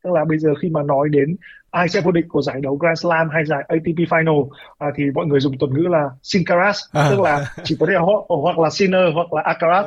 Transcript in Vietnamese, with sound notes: Tức là bây giờ khi mà nói đến ai sẽ vô địch của giải đấu Grand Slam hay giải ATP Final thì mọi người dùng thuật ngữ là Singcaraz. [tiếng cười] Tức là chỉ có thể là họ hoặc là Sinner, hoặc là Alcaraz.